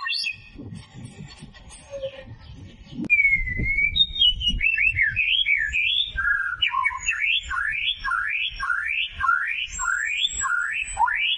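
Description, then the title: White-rumped shama song with slurred whistles building into a rhythmic run of repeated rising-falling notes, about two per second, with a thin high whistle above. Lure recording of a white-rumped shama in full song (gacor), meant to provoke an immediate response. "PANCINGAN MURAI BATU GACOR, LANGSUNG RESPON"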